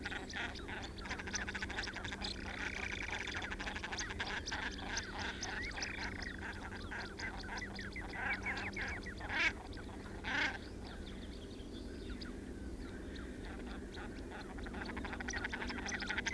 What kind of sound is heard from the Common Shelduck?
courtship call